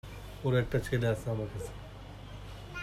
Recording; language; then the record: elicited speech; Bengali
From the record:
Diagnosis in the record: Broca's or global aphasia after a stroke